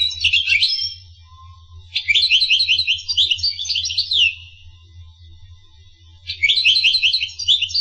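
Finch song in three bursts of fast chattering trills, separated by pauses of about one to two seconds; constant low hum in the background.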